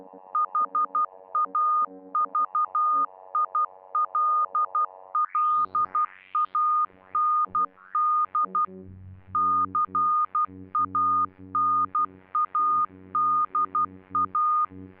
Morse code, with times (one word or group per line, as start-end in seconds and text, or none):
0.3-8.7 HAVILLAND
9.3-14.7 CANADA